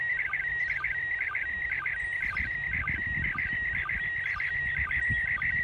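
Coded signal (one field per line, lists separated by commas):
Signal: SSTV (slow-scan television)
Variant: PD 120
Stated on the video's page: SSTV from the ARISS space station received on a handheld radio with an Arrow antenna.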